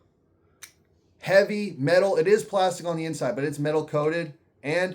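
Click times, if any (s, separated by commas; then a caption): none. A heavy, metal-coated cap with a plastic inside is handled over a perfume bottle while someone talks, with one brief sharp tick near 0.6 s before the speech begins. The cap has not yet been put back on, and nothing has seated or clicked yet.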